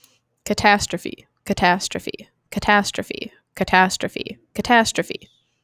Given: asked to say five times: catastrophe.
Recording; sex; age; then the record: repeated word; female; 20 to 29 years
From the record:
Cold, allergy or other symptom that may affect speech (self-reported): no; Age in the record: 27 years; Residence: Florida, United States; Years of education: 19